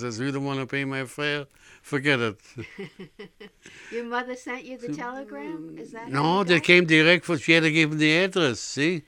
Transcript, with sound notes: I says, "You don't want to pay my fare, forget it."
( she laughs ) Your mother sent you the telegram. Is that how...
No, they came direct, she had to give the address, see.